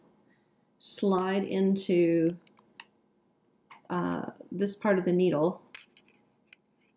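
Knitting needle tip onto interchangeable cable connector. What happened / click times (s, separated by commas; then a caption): The small tip clicked onto its connector / 5.8 s, 6.5 s. An interchangeable knitting needle tip is pushed onto the end of a cable connector, where small bumps grab the inside of the needle and lock it in place. Someone talks, then sharp clicks sound at 5.8 s and 6.5 s as the tip seats.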